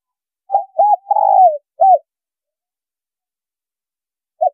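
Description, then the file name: Spotted dove delivering one full coo phrase of short notes, a longer rolling coo and an ending note, then a single note starting again. Female bird. "Tieng cu gay mai"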